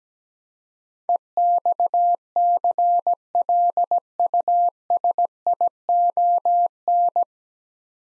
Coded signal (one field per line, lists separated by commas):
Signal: Morse code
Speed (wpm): 17 wpm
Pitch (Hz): 700 Hz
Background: none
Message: EXCLUSION